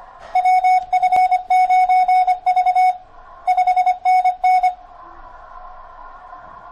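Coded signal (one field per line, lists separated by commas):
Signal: Morse code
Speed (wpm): 24 wpm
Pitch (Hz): 740 Hz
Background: radio noise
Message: WF9V 5NN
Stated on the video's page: Keyboard CW via a WinKeyer external keyer and PSK via a SignaLink sound card on an FT-891 with HRD.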